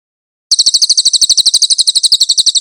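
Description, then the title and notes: Cililin song: a fast, steady run of sharp, high-pitched chirps, about ten per second, beginning after a short silence. "SUARA BURUNG CILILIN. CICILIN"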